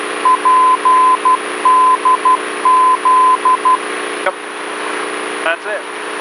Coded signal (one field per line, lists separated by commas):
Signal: Morse code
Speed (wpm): 12 wpm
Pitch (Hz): 1020 Hz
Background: speech, radio noise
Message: PDZ